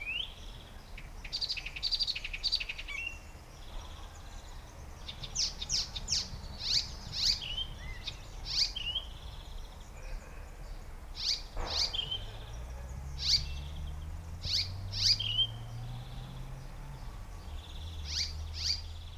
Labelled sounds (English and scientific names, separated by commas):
Icterine Warbler (Hippolais icterina)